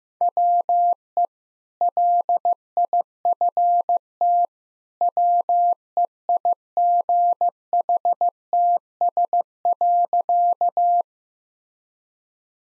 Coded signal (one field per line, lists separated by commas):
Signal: Morse code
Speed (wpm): 16 wpm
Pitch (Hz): 700 Hz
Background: none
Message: WE LIFT WEIGHTS.